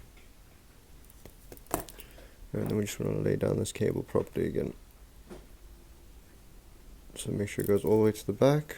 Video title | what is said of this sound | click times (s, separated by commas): How To Replace iPhone X 10 Back Glass - Tutorial (Do It Yourself) | should go that click up you can hear it and | 1.7 s